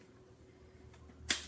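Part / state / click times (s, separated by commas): mop handle into mop head base / seated / 1.3 s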